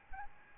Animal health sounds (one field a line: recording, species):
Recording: mosquito wingbeat signal from an infrared sensor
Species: Aedes albopictus